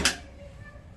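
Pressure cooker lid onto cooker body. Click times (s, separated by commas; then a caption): 0.0 s. A metal pressure cooker lid is turned into its locked position on the cooker body, giving a single sharp metallic click at 0.1 s that rings briefly and fades into quiet background. The lid is confirmed locked.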